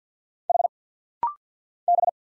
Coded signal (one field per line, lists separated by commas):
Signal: Morse code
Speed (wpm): 46 wpm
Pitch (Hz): 700 Hz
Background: none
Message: H B